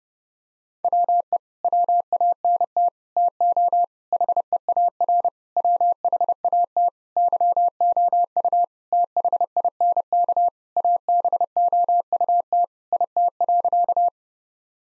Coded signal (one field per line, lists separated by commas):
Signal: Morse code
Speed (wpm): 30 wpm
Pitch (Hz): 700 Hz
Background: none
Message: WE WANT TO HEAR WHAT YOU THINK ABOUT IT.